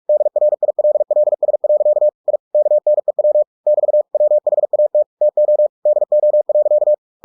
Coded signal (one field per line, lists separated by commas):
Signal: Morse code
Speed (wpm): 46 wpm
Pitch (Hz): 600 Hz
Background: none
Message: DRILLS. I KNEW <BT> WHAT TO DO.